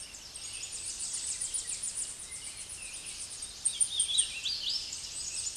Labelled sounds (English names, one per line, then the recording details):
Hooded Warbler song
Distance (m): 20 m
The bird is about level with the microphone
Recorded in a Pennsylvania forest on 16 May 2024 at 08:17
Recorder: AudioMoth, point MSD-2478
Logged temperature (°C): 15.6 °C
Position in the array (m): 55 m, 173 m